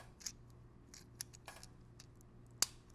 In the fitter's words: there we go here nice click there now that that's nice and secure